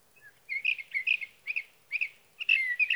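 Sage thrasher singing short bursts of warbled notes separated by brief pauses, ending in a longer rich phrase; light hiss behind.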